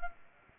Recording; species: mosquito wingbeat signal from an infrared sensor; Anopheles arabiensis